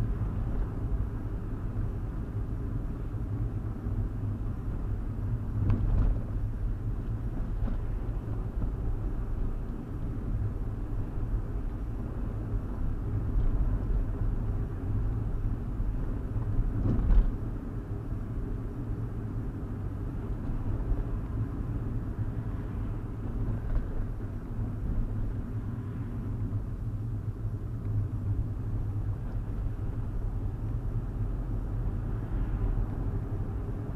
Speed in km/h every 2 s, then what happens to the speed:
40, 39, 34, 34, 37, 39, 40, 40, 39, 39, 40, 37, 32, 29, 31, 35, 40.
0-4 slows to 34. 4-11 speeds up to 40. 11-21 steady at about 40. 21-27 slows to 29. 27-34 speeds up to 40.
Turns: none.